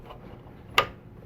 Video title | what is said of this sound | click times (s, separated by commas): How to Remove & Replace a Treadmill Motor Control Board (MCB) | again a nice click knowing that that's seated properly | 0.8 s